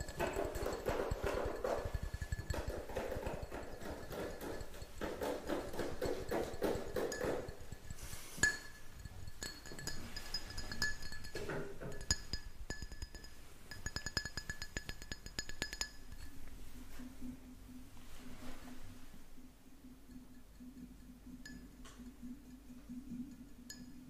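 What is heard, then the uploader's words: Dense, rapid tapping fills the first half, a busy patter of light knocks with bright clinking, glassy accents and a few sharper hits around eight and eleven seconds. After about sixteen seconds the tapping thins and a steady low hum takes over, with sparse faint clicks. Tapping Overload.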